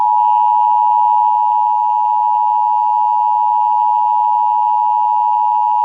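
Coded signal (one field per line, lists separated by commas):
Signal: Emergency Alert System (SAME) tones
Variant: 853 and 960 Hz attention tone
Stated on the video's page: North Carolina Amber Alert received on fifteen FM stations, partly by unintentional DX reception.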